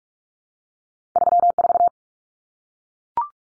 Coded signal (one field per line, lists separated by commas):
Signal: Morse code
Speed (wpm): 44 wpm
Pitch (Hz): 700 Hz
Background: none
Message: 34